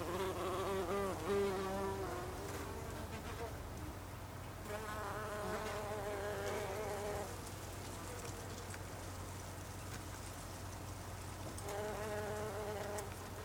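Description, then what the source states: Bumblebee buzzing in three droning passes that waver in pitch, separated by quieter stretches with only a low steady background hum. Bumblebees, plural in the Icelandic name, recorded on 26 August 2012.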